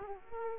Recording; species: mosquito wingbeat signal from an infrared sensor; Aedes aegypti